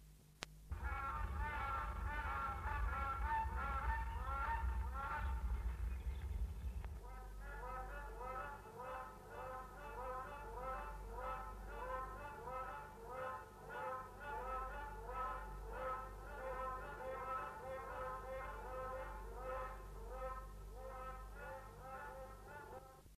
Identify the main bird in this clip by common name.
Gray Crowned-Crane